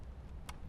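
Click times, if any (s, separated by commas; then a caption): 0.5 s. A Maestro 4-pin data connector is plugged into the 4-pin plug on the back of a JVC KW-Z1000AW radio head unit, near the AM/FM antenna plug, in a direct-fit bundle for a 2018–2023 Jeep Wrangler JL and 2020–2023 Gladiator JT. Over a low background rumble, a single sharp, bright click sounds at 0.5 s as the connector seats.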